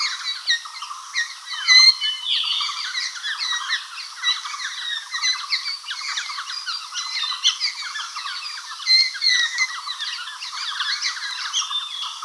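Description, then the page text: White-cheeked laughingthrush flock giving continuous busy chatter of short squawks, chirps and scratchy notes, many birds calling at once, with occasional louder bursts. "White-Cheeked Laughingthrush Flock Call. Quick Sounds"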